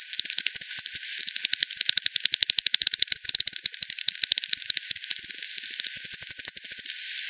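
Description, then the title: Bats' echolocation rendered as quick regular ticks, many per second, forming a steady rattling pulse with a gentle hiss underneath. Multiple bats at Hogsmill River by Hogsmill Lane, 7 October 2020 at 18:10; frequency-division bat detector recording (FD10), band-pass filtered and resampled. "WW bat 20201007 T 18 : 10 Z-Hogsmill-Lane-Hogsmill-River-multiple-bats"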